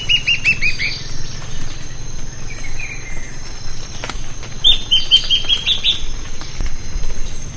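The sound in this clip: Bird calls: a brief run of downslurred notes at the start and another mid-way, over a thin steady high hum and low rumbling background.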